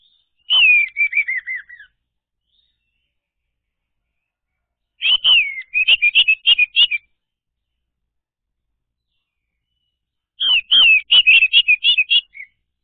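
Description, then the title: Orange-headed thrush giving three loud phrases of fast, repeated whistled notes, each opening with a falling slur, spaced about five seconds apart. Recording used to lure a reluctant orange-headed thrush into singing. "Anis Merah Macet.. Pancing Dengan Suara Ini.."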